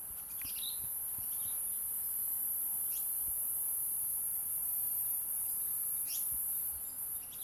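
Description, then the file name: Cicada song: a continuous shrill high buzz throughout, with brief chirping notes near the start, at three seconds and around six seconds. Recorded at Queenstown, Eastern Cape, South Africa. "P brunea Queenstown"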